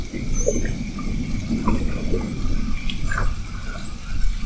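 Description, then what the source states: Spinner dolphin whistles, a few faint high rising and falling sweeps over a steady low underwater rumble with scattered clicks. Whistles, recorded at Fernando de Noronha.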